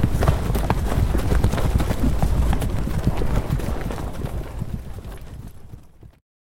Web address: Hollywood Edge Historical Series War Horses Armies Weapons Horses Work-Trot